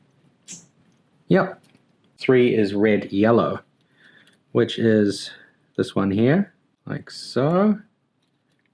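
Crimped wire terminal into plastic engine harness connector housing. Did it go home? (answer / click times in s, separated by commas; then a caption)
no / none. Someone talks while handling a crimped wire terminal for pin 3, red/yellow, lining it up with its slot in a plastic engine harness connector housing on a Hybrid Racing K-swap conversion harness for a Honda CR-V RD1. Only faint, quiet handling ticks sit between the speech. Nothing has clicked or seated into the housing yet.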